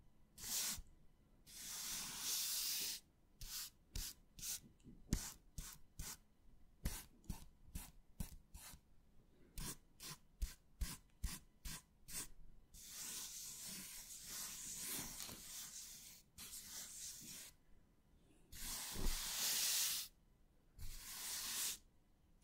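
Hands rub and scratch in long hissy bursts near the start, then switch to a quick, regular run of short strokes and taps lasting about ten seconds. Longer, denser scratching and rubbing returns, peaking around nineteen seconds before easing off.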